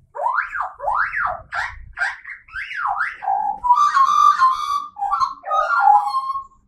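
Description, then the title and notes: Magpie imitating a car alarm: loud whistled notes sweeping up and down repeatedly, then steadier warbled tones with buzzy harmonics. Regular visiting magpie impersonating a car alarm as part of a longer improvised passage, weaving sampled sounds into its warbled song. "This is Friendo, one of our regular visitors"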